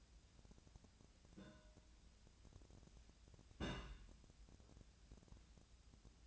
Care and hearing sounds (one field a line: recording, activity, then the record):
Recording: daily activity, microphone in the room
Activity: place on stove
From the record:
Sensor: 2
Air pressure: 1009.8 hPa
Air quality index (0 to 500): 180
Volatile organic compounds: 10 ppm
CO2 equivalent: 2251 ppm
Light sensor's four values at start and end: 32/79/34/38 and 32/79/34/38